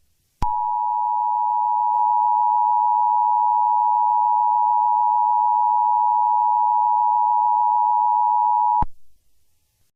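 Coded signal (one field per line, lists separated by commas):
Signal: Emergency Alert System (SAME) tones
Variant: 853 and 960 Hz attention tone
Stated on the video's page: Mock EAS scenario with valid EAS tones.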